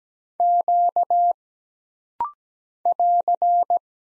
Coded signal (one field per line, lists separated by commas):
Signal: Morse code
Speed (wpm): 17 wpm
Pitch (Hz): 700 Hz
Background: none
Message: Q <AR>